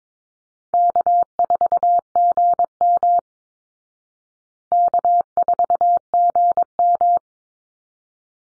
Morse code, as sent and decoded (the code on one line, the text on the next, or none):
-.- ....- --. -- / -.- ....- --. --
K4GM K4GM